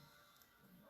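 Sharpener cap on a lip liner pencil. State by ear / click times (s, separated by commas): not seated / none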